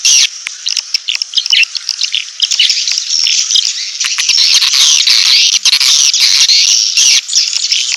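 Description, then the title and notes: Swiftlet twittering: a continuous mass of high, buzzy chirps overlapping without pause, with irregular sharper notes throughout. Swiftlet farming sound from Asia. "Swiflet Bird Sound. Farming Swiflet Bird asia sound"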